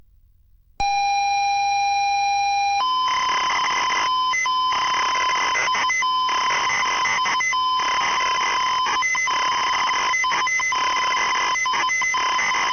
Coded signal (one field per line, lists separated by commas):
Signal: ZX Spectrum tape loading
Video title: Xbox360 Game "Darwinia" OP 02 "ZX Spectrum"